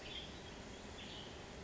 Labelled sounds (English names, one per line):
Western Tanager